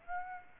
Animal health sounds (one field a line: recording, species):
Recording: mosquito wingbeat signal from an infrared sensor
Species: Aedes aegypti